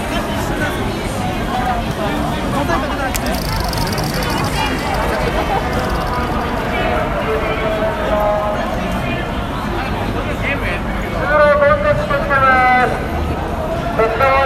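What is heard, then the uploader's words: A Halloween crowd at Shibuya, a steady, dense wash of many overlapping voices chattering with no pause. Around the eleventh to thirteenth second a few louder, higher voices call out above the din, and a brief thin hiss rises near the fourth second. Recorded of the sounds, noises and atmosphere at Shibuya Halloween Crowd 2021. Arranged using only the sound materials, not added other sounds from any instruments, synthesizer, modular and so on.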